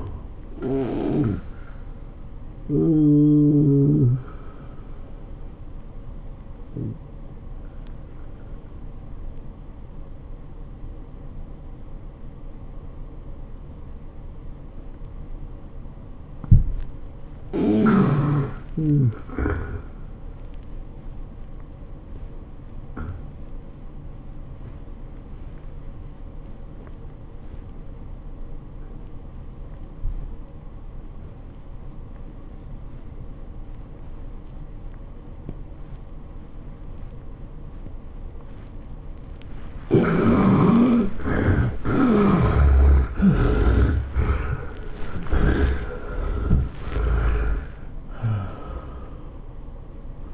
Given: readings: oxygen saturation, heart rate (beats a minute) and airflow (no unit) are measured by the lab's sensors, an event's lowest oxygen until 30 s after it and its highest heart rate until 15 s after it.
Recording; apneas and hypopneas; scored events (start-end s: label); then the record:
breathing in sleep by a smartphone at the bedside; 2
4.00-18.20 s: hypopnea (N1, oxygen 95% highest, then 85% lowest, heart rate 100 at the start, 100 highest)
21.00-39.50 s: hypopnea (N1, oxygen 94% highest, then 70% lowest, heart rate 89 at the start, 107 highest)
From the record:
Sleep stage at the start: N1 (lightest sleep); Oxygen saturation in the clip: 70 to 95%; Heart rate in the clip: 82 to 107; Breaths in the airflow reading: 8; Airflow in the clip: -17.8 to 13.6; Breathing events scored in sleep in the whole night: 403 in 5.5 hours asleep